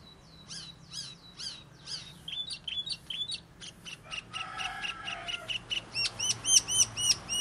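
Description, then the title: Asian fairy-bluebird singing a quick run of sharp, downslurred high notes, then a dry rattling phrase and a fast series of ringing upslurred whistles. Unusual, persistent 'gacor' style singing. "Cucak Keling Gacor Unik"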